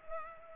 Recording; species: mosquito wingbeat signal from an infrared sensor; Culex pipiens